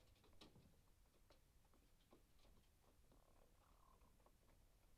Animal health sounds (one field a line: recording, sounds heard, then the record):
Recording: poultry house recording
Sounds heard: sick chickens (respiratory disease)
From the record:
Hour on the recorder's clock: 0